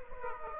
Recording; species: mosquito wingbeat signal from an infrared sensor; Aedes aegypti